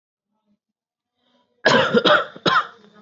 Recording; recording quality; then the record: shallow voluntary cough; moderate, slight background noise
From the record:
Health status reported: respiratory illness, not identified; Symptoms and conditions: asthma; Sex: male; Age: 19 years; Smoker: not ticked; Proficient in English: yes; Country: India